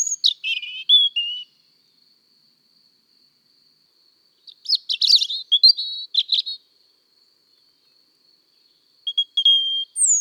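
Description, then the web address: European robin song in three spaced bursts of clear, high trilled and whistled notes that dip and rise, silence between phrases except a faint steady whine. "Le-rougegorge, mon-imagier-sonore-de-la-nature"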